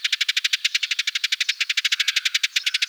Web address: Passer montanus